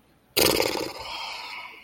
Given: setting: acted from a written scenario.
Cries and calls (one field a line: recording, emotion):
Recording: vocal sound without words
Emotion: shame